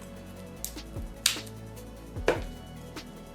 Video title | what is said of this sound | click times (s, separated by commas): Realme 6S phone - disassembly TEARDOWN repair - display & battery | so you hear the clicking sounds | 0.6 s, 1.3 s, 2.3 s